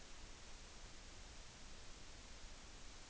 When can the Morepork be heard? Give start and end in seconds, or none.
none